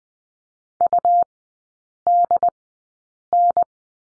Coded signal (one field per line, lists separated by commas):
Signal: Morse code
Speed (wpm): 20 wpm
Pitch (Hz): 700 Hz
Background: none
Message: UDN